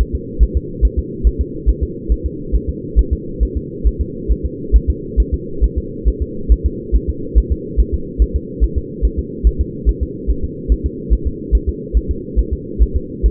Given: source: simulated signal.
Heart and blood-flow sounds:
fetal heart sounds
0.01 s: S1
0.15 s: S2
0.43 s: S1
0.57 s: S2
0.85 s: S1
0.99 s: S2
1.27 s: S1
1.41 s: S2
1.69 s: S1
1.83 s: S2
2.12 s: S1
2.26 s: S2
2.55 s: S1
2.69 s: S2
2.99 s: S1
3.13 s: S2
3.43 s: S1
3.57 s: S2
3.87 s: S1
4.01 s: S2
4.32 s: S1
4.45 s: S2
4.76 s: S1
4.90 s: S2
5.20 s: S1
5.34 s: S2
5.64 s: S1
5.78 s: S2
6.08 s: S1
6.22 s: S2
6.52 s: S1
6.66 s: S2
6.96 s: S1
7.09 s: S2
7.38 s: S1
7.52 s: S2
7.80 s: S1
7.94 s: S2
8.22 s: S1
8.36 s: S2
8.64 s: S1
8.78 s: S2
9.05 s: S1
9.19 s: S2
9.47 s: S1
9.61 s: S2
9.89 s: S1
10.03 s: S2
10.30 s: S1
10.44 s: S2
10.72 s: S1
10.86 s: S2
11.13 s: S1
11.27 s: S2
11.55 s: S1
11.69 s: S2
11.97 s: S1
12.11 s: S2
12.39 s: S1
12.53 s: S2
12.82 s: S1
12.96 s: S2
13.26 s: S1
From the record:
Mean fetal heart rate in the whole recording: 140 bpm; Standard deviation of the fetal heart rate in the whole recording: 2 bpm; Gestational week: 34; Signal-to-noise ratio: -4.3 dB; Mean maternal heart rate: 72 bpm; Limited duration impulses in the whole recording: absent

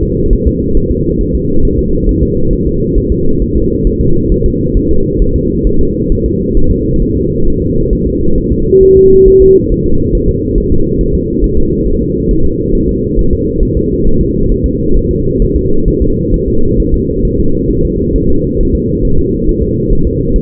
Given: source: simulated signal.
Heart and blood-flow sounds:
fetal heart sounds
0.03 s: S2
0.33 s: S1
0.47 s: S2
0.77 s: S1
0.91 s: S2
1.21 s: S1
1.35 s: S2
1.65 s: S1
1.79 s: S2
2.09 s: S1
2.23 s: S2
2.53 s: S1
2.67 s: S2
2.98 s: S1
3.12 s: S2
3.42 s: S1
3.56 s: S2
3.87 s: S1
4.01 s: S2
4.32 s: S1
4.46 s: S2
4.77 s: S1
4.91 s: S2
5.22 s: S1
5.36 s: S2
5.67 s: S1
5.81 s: S2
6.12 s: S1
6.26 s: S2
6.57 s: S1
6.71 s: S2
7.02 s: S1
7.17 s: S2
7.47 s: S1
7.62 s: S2
7.93 s: S1
8.07 s: S2
8.38 s: S1
8.52 s: S2
8.83 s: S1
8.97 s: S2
9.28 s: S1
9.42 s: S2
9.72 s: S1
9.86 s: S2
10.15 s: S1
10.29 s: S2
10.58 s: S1
10.72 s: S2
11.01 s: S1
11.15 s: S2
11.44 s: S1
11.58 s: S2
11.87 s: S1
12.02 s: S2
12.31 s: S1
12.45 s: S2
12.75 s: S1
12.89 s: S2
13.19 s: S1
13.33 s: S2
13.63 s: S1
13.77 s: S2
14.07 s: S1
14.21 s: S2
14.52 s: S1
14.66 s: S2
14.97 s: S1
15.11 s: S2
15.42 s: S1
15.56 s: S2
15.88 s: S1
16.02 s: S2
16.34 s: S1
16.48 s: S2
16.80 s: S1
16.94 s: S2
17.25 s: S1
17.40 s: S2
17.71 s: S1
17.85 s: S2
18.16 s: S1
18.30 s: S2
18.60 s: S1
18.75 s: S2
19.05 s: S1
19.19 s: S2
19.49 s: S1
19.63 s: S2
19.93 s: S1
20.07 s: S2
20.36 s: S1
From the record:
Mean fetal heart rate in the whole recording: 135 bpm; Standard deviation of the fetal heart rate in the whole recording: 3 bpm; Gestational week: 36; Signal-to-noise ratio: -17.7 dB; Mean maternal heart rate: 72 bpm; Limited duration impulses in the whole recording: present

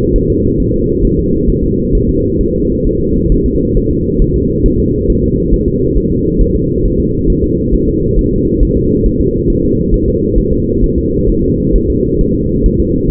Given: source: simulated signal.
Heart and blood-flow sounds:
fetal heart sounds
0.16 s: S1
0.30 s: S2
0.60 s: S1
0.74 s: S2
1.05 s: S1
1.19 s: S2
1.50 s: S1
1.64 s: S2
1.95 s: S1
2.09 s: S2
2.41 s: S1
2.55 s: S2
2.86 s: S1
3.01 s: S2
3.32 s: S1
3.46 s: S2
3.77 s: S1
3.91 s: S2
4.22 s: S1
4.36 s: S2
4.66 s: S1
4.80 s: S2
5.10 s: S1
5.24 s: S2
5.54 s: S1
5.68 s: S2
5.97 s: S1
6.12 s: S2
6.41 s: S1
6.55 s: S2
6.85 s: S1
7.00 s: S2
7.30 s: S1
7.44 s: S2
7.74 s: S1
7.88 s: S2
8.19 s: S1
8.33 s: S2
8.63 s: S1
8.77 s: S2
9.06 s: S1
9.21 s: S2
9.50 s: S1
9.64 s: S2
9.94 s: S1
10.08 s: S2
10.38 s: S1
10.53 s: S2
10.84 s: S1
10.98 s: S2
11.29 s: S1
11.44 s: S2
11.75 s: S1
11.90 s: S2
12.21 s: S1
12.35 s: S2
12.66 s: S1
12.80 s: S2
13.10 s: S1
From the record:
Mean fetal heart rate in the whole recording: 135 bpm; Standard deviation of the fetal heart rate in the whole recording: 3 bpm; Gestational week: 36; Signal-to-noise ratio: -14.7 dB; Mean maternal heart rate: 72 bpm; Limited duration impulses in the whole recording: present

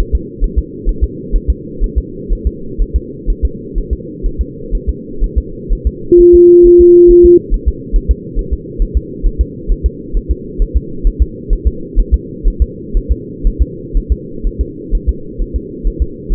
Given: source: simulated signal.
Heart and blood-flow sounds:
fetal heart sounds
0.00 s: S1
0.15 s: S2
0.44 s: S1
0.59 s: S2
0.89 s: S1
1.04 s: S2
1.36 s: S1
1.50 s: S2
1.84 s: S1
1.98 s: S2
2.33 s: S1
2.47 s: S2
2.82 s: S1
2.96 s: S2
3.30 s: S1
3.45 s: S2
3.78 s: S1
3.93 s: S2
4.26 s: S1
4.41 s: S2
4.75 s: S1
4.89 s: S2
5.24 s: S1
5.38 s: S2
5.73 s: S1
5.87 s: S2
6.20 s: S1
6.35 s: S2
6.67 s: S1
6.81 s: S2
7.11 s: S1
7.26 s: S2
7.54 s: S1
7.68 s: S2
7.96 s: S1
8.11 s: S2
8.39 s: S1
8.53 s: S2
8.82 s: S1
8.97 s: S2
9.27 s: S1
9.41 s: S2
9.71 s: S1
9.86 s: S2
10.17 s: S1
10.31 s: S2
10.62 s: S1
10.77 s: S2
11.07 s: S1
11.22 s: S2
11.53 s: S1
11.67 s: S2
11.99 s: S1
12.14 s: S2
12.48 s: S1
12.62 s: S2
12.97 s: S1
13.11 s: S2
13.47 s: S1
13.62 s: S2
13.97 s: S1
14.12 s: S2
14.47 s: S1
14.61 s: S2
14.95 s: S1
15.09 s: S2
15.42 s: S1
15.56 s: S2
15.87 s: S1
16.02 s: S2
16.32 s: S1
From the record:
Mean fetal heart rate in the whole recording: 130 bpm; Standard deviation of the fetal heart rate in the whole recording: 4 bpm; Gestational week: 38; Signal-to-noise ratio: -4.3 dB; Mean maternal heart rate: 72 bpm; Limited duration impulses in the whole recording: present

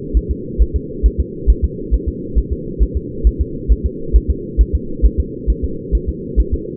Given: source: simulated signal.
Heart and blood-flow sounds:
fetal heart sounds
0.17 s: S1
0.31 s: S2
0.62 s: S1
0.76 s: S2
1.06 s: S1
1.20 s: S2
1.50 s: S1
1.65 s: S2
1.94 s: S1
2.09 s: S2
2.38 s: S1
2.53 s: S2
2.83 s: S1
2.97 s: S2
3.27 s: S1
3.41 s: S2
3.72 s: S1
3.86 s: S2
4.16 s: S1
4.31 s: S2
4.61 s: S1
4.75 s: S2
5.05 s: S1
5.20 s: S2
5.50 s: S1
5.64 s: S2
5.95 s: S1
6.09 s: S2
6.40 s: S1
6.54 s: S2
From the record:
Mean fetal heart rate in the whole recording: 135 bpm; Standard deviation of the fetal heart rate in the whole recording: 3 bpm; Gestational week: 34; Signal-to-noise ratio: -4.3 dB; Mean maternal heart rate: 72 bpm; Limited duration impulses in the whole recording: absent

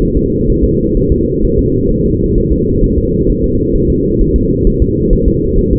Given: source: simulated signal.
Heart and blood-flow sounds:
fetal heart sounds
0.02 s: S1
0.17 s: S2
0.50 s: S1
0.64 s: S2
0.97 s: S1
1.12 s: S2
1.45 s: S1
1.59 s: S2
1.91 s: S1
2.06 s: S2
2.38 s: S1
2.53 s: S2
2.84 s: S1
2.98 s: S2
3.30 s: S1
3.44 s: S2
3.75 s: S1
3.90 s: S2
4.21 s: S1
4.36 s: S2
4.67 s: S1
4.82 s: S2
5.13 s: S1
5.28 s: S2
5.59 s: S1
5.73 s: S2
From the record:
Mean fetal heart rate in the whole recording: 130 bpm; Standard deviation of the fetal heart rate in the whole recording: 4 bpm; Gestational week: 38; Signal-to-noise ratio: -14.7 dB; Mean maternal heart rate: 72 bpm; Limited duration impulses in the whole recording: present

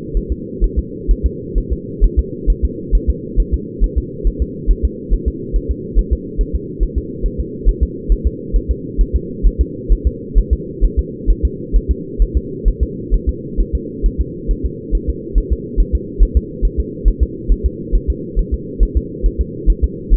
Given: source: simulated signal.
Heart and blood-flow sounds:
fetal heart sounds
0.17 s: S1
0.32 s: S2
0.64 s: S1
0.79 s: S2
1.11 s: S1
1.26 s: S2
1.58 s: S1
1.73 s: S2
2.04 s: S1
2.19 s: S2
2.50 s: S1
2.65 s: S2
2.95 s: S1
3.10 s: S2
3.40 s: S1
3.54 s: S2
3.84 s: S1
3.98 s: S2
4.27 s: S1
4.42 s: S2
4.71 s: S1
4.85 s: S2
5.14 s: S1
5.28 s: S2
5.56 s: S1
5.71 s: S2
5.99 s: S1
6.13 s: S2
6.41 s: S1
6.55 s: S2
6.83 s: S1
6.98 s: S2
7.26 s: S1
7.40 s: S2
7.69 s: S1
7.83 s: S2
8.12 s: S1
8.27 s: S2
8.56 s: S1
8.71 s: S2
9.01 s: S1
9.16 s: S2
9.47 s: S1
9.61 s: S2
9.92 s: S1
10.07 s: S2
10.38 s: S1
10.53 s: S2
10.84 s: S1
10.99 s: S2
11.30 s: S1
11.45 s: S2
11.76 s: S1
11.91 s: S2
12.22 s: S1
12.37 s: S2
12.68 s: S1
12.83 s: S2
13.14 s: S1
13.29 s: S2
13.60 s: S1
13.75 s: S2
14.06 s: S1
14.21 s: S2
14.51 s: S1
14.66 s: S2
14.95 s: S1
15.09 s: S2
15.38 s: S1
15.52 s: S2
15.80 s: S1
15.95 s: S2
16.23 s: S1
16.37 s: S2
16.65 s: S1
16.80 s: S2
17.08 s: S1
17.23 s: S2
17.52 s: S1
17.66 s: S2
17.95 s: S1
18.10 s: S2
18.39 s: S1
18.54 s: S2
18.83 s: S1
18.97 s: S2
19.26 s: S1
19.41 s: S2
19.70 s: S1
19.84 s: S2
20.14 s: S1
From the record:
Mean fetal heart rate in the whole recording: 135 bpm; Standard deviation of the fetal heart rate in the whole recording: 3 bpm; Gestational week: 36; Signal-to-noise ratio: -4.1 dB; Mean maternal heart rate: no maternal heart sound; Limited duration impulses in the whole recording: absent

